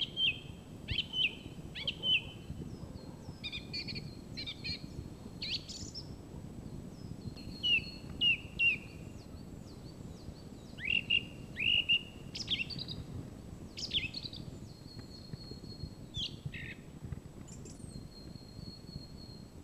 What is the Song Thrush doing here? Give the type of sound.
song